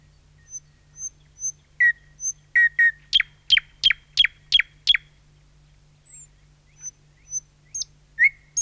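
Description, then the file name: Thrush nightingale song with scattered high whistles, then a burst of sharp repeated notes about three per second, followed by more whistles and clucks; faint hum beneath. "satakieli"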